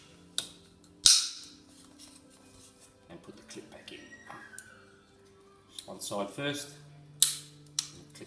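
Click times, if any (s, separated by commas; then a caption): 7.2 s, 7.8 s. Someone talks while fitting the retaining clip for a new flapper-style recliner handle onto its mount, hooking it on one side first and then pushing it onto the other side. Sharp snaps at about 7.2 s and 7.8 s mark the clip clicking down, and it is unclear which of the two is the final click. The clip is seated on the recliner handle mount.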